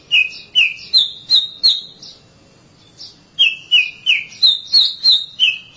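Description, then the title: Oriental magpie-robin singing whistled notes, each opening with a click, in two series separated by a short pause. "Suara Kicauan Burung Kacer"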